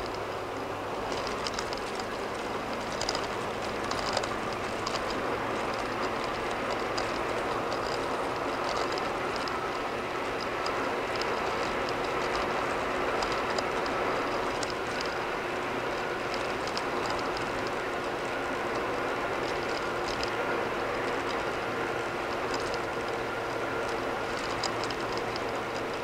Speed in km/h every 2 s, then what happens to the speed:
81, 82, 85, 90, 93, 93, 93, 93, 92, 93, 90, 92, 89.
0-8 speeds up to 93. 8-26 steady at about 93.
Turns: none.